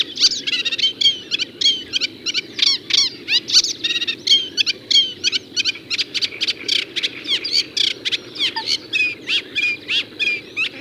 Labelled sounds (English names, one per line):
Eurasian Reed Warbler song